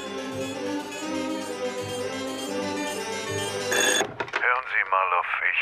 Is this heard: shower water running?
no